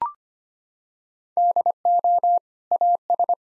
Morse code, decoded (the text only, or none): DO AS